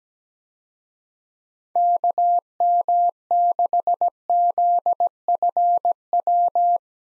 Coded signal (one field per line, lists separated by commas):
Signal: Morse code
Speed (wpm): 17 wpm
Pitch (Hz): 700 Hz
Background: none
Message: KM6ZFW